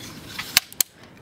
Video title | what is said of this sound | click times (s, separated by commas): Airsoft H&K KWA MP7 Review [HD] | clicks into place very nicely however there is a little bit of stock wobble but there's not much you can do with that | 0.6 s, 0.8 s